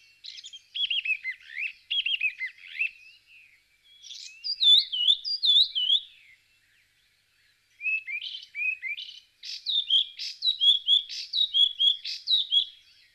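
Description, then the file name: Birds chirping in bursts of quick, slurred, high notes, with short phrases rising and falling, separated by brief pauses. "ptici"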